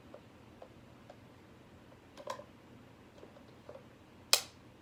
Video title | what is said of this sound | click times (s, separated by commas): Graco Ultimate QuickShot unboxing | and it clicks it makes a clicking noise it's how you know it's good to go | 4.3 s